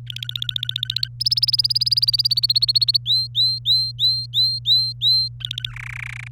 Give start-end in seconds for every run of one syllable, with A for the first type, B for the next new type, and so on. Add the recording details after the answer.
0.07-1.08 A, 1.20-2.97 B, 3.06-5.28 C, 5.40-5.72 A, 5.72-6.28 D. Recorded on 27 April 2018 at 09:03. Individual llb3